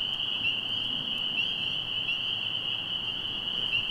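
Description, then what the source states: Spring peeper chorus, a dense steady wall of high piping peeps with occasional short upslurred notes standing out, continuing without pause. Chorus at a pond at night in spring; nearby frogs that had fallen quiet resume peeping and grow bolder.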